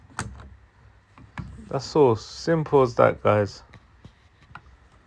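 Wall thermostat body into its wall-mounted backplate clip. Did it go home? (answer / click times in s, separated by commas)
yes / 0.2 s, 1.4 s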